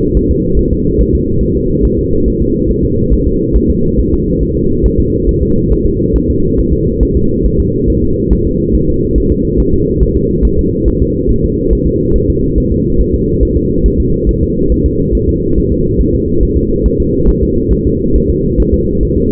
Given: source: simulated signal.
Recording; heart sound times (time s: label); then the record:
fetal heart sounds
0.17 s: S1
0.31 s: S2
0.59 s: S1
0.73 s: S2
1.01 s: S1
1.15 s: S2
1.43 s: S1
1.57 s: S2
1.85 s: S1
1.99 s: S2
2.28 s: S1
2.42 s: S2
2.71 s: S1
2.85 s: S2
3.13 s: S1
3.28 s: S2
3.56 s: S1
3.70 s: S2
4.00 s: S1
4.13 s: S2
4.43 s: S1
4.57 s: S2
4.86 s: S1
5.00 s: S2
5.29 s: S1
5.43 s: S2
5.72 s: S1
5.87 s: S2
6.16 s: S1
6.30 s: S2
6.59 s: S1
6.73 s: S2
7.03 s: S1
7.17 s: S2
7.46 s: S1
7.60 s: S2
7.90 s: S1
8.04 s: S2
8.33 s: S1
8.47 s: S2
8.75 s: S1
8.89 s: S2
9.18 s: S1
9.32 s: S2
9.60 s: S1
9.74 s: S2
10.03 s: S1
10.17 s: S2
10.45 s: S1
10.59 s: S2
10.88 s: S1
11.02 s: S2
11.31 s: S1
11.44 s: S2
11.73 s: S1
11.87 s: S2
12.16 s: S1
12.30 s: S2
12.58 s: S1
12.72 s: S2
13.01 s: S1
13.15 s: S2
13.43 s: S1
13.57 s: S2
13.86 s: S1
14.00 s: S2
14.29 s: S1
14.43 s: S2
14.72 s: S1
14.86 s: S2
15.15 s: S1
15.29 s: S2
15.58 s: S1
15.72 s: S2
16.00 s: S1
16.15 s: S2
16.43 s: S1
16.57 s: S2
16.86 s: S1
17.00 s: S2
17.29 s: S1
17.43 s: S2
17.73 s: S1
17.87 s: S2
18.16 s: S1
18.30 s: S2
18.60 s: S1
18.74 s: S2
19.03 s: S1
19.17 s: S2
From the record:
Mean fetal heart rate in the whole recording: 140 bpm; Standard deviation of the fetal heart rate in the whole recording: 2 bpm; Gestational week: 34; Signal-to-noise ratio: -15.3 dB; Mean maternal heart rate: 72 bpm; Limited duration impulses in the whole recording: present